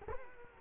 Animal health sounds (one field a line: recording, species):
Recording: mosquito wingbeat signal from an infrared sensor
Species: Culex quinquefasciatus